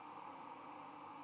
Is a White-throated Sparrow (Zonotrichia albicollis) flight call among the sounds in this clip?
no